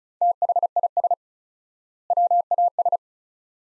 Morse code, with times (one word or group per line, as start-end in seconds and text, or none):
0.2-1.1 THIS
2.1-3.0 WAS